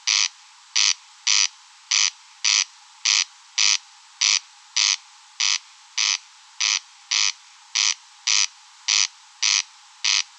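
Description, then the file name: Corn crake giving harsh, buzzy rasps in an even, mechanical rhythm, with nothing else clearly heard. Recorded at Rønbjerg Enge. "Engsnarre Roenbjerg Enge"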